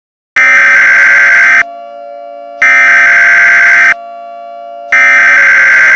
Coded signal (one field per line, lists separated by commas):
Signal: Emergency Alert System (SAME) tones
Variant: header bursts